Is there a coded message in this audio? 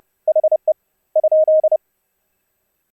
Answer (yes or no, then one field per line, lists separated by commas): yes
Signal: Morse code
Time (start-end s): 0.3-1.8 s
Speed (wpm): 32 wpm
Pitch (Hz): 620 Hz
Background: none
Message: HE ?